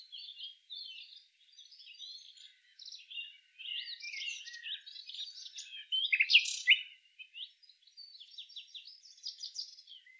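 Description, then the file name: Common nightingale song, dense and varied twittering with a sudden loud rattling burst midway, then softer rapid phrases. "Luscinia megarhynchos"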